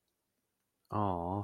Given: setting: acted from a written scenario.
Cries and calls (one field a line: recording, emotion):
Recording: vocal sound without words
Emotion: sympathy